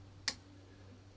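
A pick reaches behind the pipe and lifts the locking clip on the plastic turbo charge pipe coupling of a 2015 Ford F350 6.7 Powerstroke, during installation of a Sinister Diesel hot and cold charge pipe kit. One sharp tick sounds at 0.3 s over a low steady hum. The clip is released and stays lifted up, so the pipe can pop off instead of the clip snapping back down and locking.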